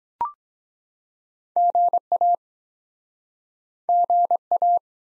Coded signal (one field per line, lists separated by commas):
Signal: Morse code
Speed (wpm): 24 wpm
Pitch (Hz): 700 Hz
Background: none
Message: GA GA